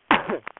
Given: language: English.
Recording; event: throat vibration sensor signal played as sound; cough